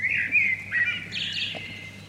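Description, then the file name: Common blackbird singing one short phrase: a mellow warbled whistle sliding into a brief high, scratchy twitter over a faint low hum. "Turdus merula"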